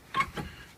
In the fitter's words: Okay, now the bottom just pops right in, just like that.